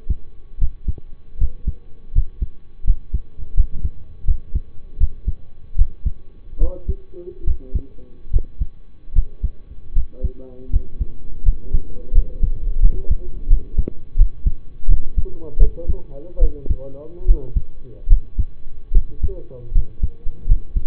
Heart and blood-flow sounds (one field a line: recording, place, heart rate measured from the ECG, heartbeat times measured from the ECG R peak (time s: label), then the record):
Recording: heart sounds by stethoscope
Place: between the tricuspid and mitral areas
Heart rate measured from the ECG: 78 bpm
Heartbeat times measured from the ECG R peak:
0.58 s: heartbeat
1.38 s: heartbeat
2.12 s: heartbeat
2.84 s: heartbeat
3.54 s: heartbeat
4.25 s: heartbeat
4.97 s: heartbeat
5.76 s: heartbeat
6.58 s: heartbeat
7.44 s: heartbeat
8.30 s: heartbeat
9.13 s: heartbeat
9.93 s: heartbeat
10.70 s: heartbeat
11.43 s: heartbeat
12.12 s: heartbeat
12.80 s: heartbeat
13.48 s: heartbeat
14.16 s: heartbeat
14.87 s: heartbeat
15.58 s: heartbeat
16.39 s: heartbeat
17.25 s: heartbeat
18.08 s: heartbeat
18.92 s: heartbeat
19.72 s: heartbeat
20.46 s: heartbeat
From the record:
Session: rest, lying down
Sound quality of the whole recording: partially saturated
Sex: male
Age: 25 years